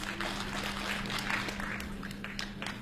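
An audience applauds a singer performing a northern Shaanxi folk song, a dense wash of many hands clapping at a moderate, even level for a few seconds with no voices standing out.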